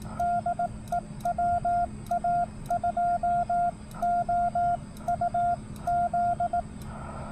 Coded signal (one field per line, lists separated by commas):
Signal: Morse code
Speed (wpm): 18 wpm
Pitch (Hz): 700 Hz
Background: none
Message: DE WA2OUZ